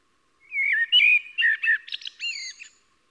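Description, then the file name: Eurasian blackbird song: a single mellow fluted warble that slides around, then breaks into a squeaky, higher twittering flourish at the end of the phrase. "Koltrast"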